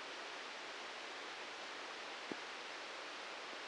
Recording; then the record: brain microelectrode recording played as sound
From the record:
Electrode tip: outside the subthalamic nucleus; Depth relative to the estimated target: 2 mm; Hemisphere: right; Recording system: NeuroSet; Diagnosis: Parkinson's disease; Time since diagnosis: 13 years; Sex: male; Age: 63 years